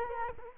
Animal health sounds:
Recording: mosquito wingbeat signal from an infrared sensor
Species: Culex quinquefasciatus

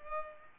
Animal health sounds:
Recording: mosquito wingbeat signal from an infrared sensor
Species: Culex pipiens

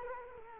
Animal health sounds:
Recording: mosquito wingbeat signal from an infrared sensor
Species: Culex quinquefasciatus

